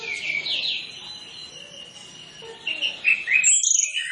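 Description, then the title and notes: Orange-headed Thrush song: soft, wavering warbles over steady hiss, building into a louder run of sharp, high twittering notes at the end. Full isian training song (masteran) used as a lure so that birds start singing openly (ngeplong). "Masteran Anis Kembang Full Isian Untuk Suara Pancingan Anis Kembang Agar Cepat Ngeplong. Suara Burung Anis Kembang"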